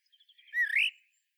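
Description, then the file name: Common blackbird song fragment: a few soft, faint notes lead into one short, rising fluty whistle. "Turdus merula"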